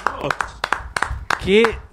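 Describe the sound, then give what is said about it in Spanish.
Scattered, uneven hand claps from an audience after a sung performance, sharp and fairly loud, with a voice calling out over them midway through the burst of applause. “Bravo, fuerte el aplauso, por favor.”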